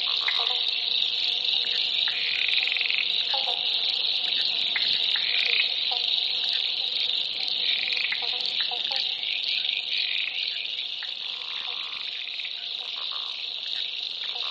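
Frog chorus, a dense and steady high-pitched trilling of many overlapping callers that continues throughout without a break.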